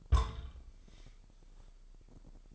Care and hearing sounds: daily activity, microphone in the room; place on stove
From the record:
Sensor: 5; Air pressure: 995.6 hPa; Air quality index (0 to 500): 102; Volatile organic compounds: 7 ppm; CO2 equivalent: 1951 ppm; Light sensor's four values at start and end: 35/82/34/35 and 35/84/34/36

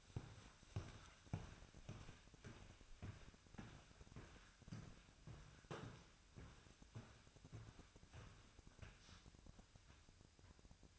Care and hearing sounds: daily activity, microphone in the room; walk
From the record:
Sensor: 2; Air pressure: 1001.5 hPa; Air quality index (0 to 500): 228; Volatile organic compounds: 26 ppm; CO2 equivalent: 2866 ppm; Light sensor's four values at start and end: 8/28/11/10 and 9/29/11/11

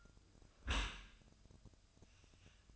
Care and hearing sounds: daily activity, microphone in the room; close dishwasher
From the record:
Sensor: 2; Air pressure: 1004.6 hPa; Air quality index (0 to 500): 104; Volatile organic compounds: 2 ppm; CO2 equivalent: 1257 ppm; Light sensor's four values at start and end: 6/15/6/6 and 6/15/6/6

